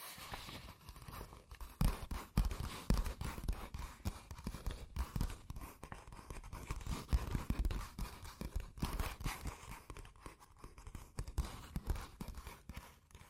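Fast tapping and scratching on cardboard and paper, with quick dry knocks arriving in dense, uneven bursts throughout. Between the taps runs a rough scraping, tracing texture, and the rhythm shifts constantly, with louder clusters around two, three and seven seconds.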